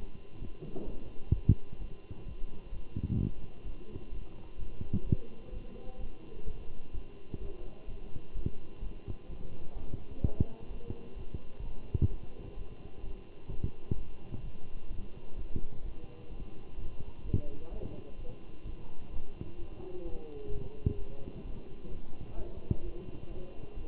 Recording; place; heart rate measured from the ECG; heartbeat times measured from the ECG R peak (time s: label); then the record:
heart sounds by stethoscope; between the tricuspid and mitral areas; 128 bpm
0.40 s: heartbeat
0.86 s: heartbeat
1.33 s: heartbeat
1.79 s: heartbeat
2.25 s: heartbeat
2.71 s: heartbeat
3.18 s: heartbeat
3.65 s: heartbeat
4.11 s: heartbeat
4.58 s: heartbeat
5.04 s: heartbeat
5.52 s: heartbeat
5.98 s: heartbeat
6.45 s: heartbeat
6.93 s: heartbeat
7.40 s: heartbeat
7.87 s: heartbeat
8.34 s: heartbeat
8.81 s: heartbeat
9.28 s: heartbeat
9.75 s: heartbeat
10.22 s: heartbeat
10.69 s: heartbeat
11.16 s: heartbeat
11.62 s: heartbeat
12.09 s: heartbeat
12.56 s: heartbeat
13.02 s: heartbeat
13.49 s: heartbeat
13.96 s: heartbeat
14.42 s: heartbeat
14.89 s: heartbeat
15.36 s: heartbeat
15.83 s: heartbeat
16.30 s: heartbeat
16.77 s: heartbeat
17.24 s: heartbeat
17.71 s: heartbeat
18.17 s: heartbeat
18.64 s: heartbeat
19.11 s: heartbeat
19.58 s: heartbeat
20.04 s: heartbeat
20.51 s: heartbeat
20.97 s: heartbeat
21.44 s: heartbeat
21.90 s: heartbeat
22.36 s: heartbeat
22.83 s: heartbeat
23.29 s: heartbeat
23.76 s: heartbeat
From the record:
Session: Bruce protocol treadmill stress test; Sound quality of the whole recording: good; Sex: male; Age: 23 years